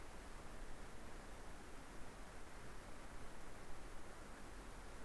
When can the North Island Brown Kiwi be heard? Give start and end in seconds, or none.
none